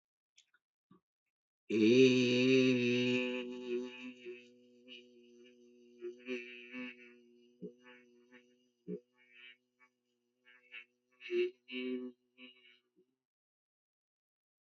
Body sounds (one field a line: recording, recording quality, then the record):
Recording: sustained vowel as in made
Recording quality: excellent, no background noise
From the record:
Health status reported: healthy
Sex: male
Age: 24 years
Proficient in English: yes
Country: India